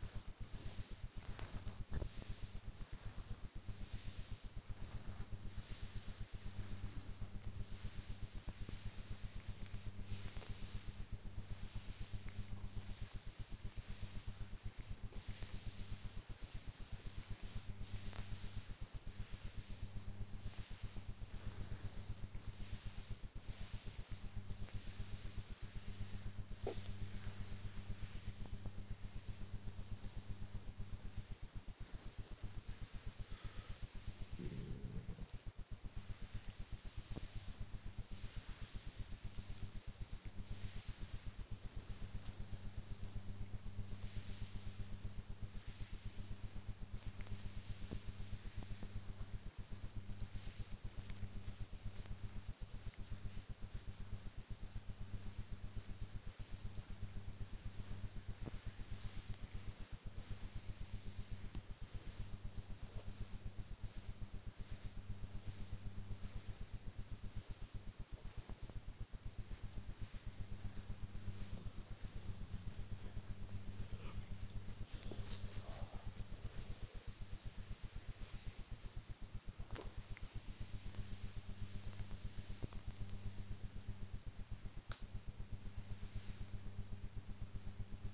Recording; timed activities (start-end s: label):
household activities, microphone on the right wrist
0.00-12.33 s: petting the dog
14.33-88.14 s: petting the dog